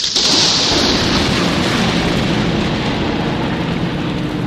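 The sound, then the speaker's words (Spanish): A sudden downpour begins abruptly and continues as a loud, steady, dense hiss of falling rain, unchanging throughout, with no voices. “De repente se puso a llover.”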